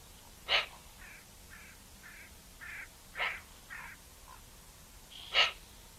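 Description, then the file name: Eurasian magpie harsh calls: three loud rasping notes spaced a few seconds apart, with softer nasal calls between them. "Pica pica"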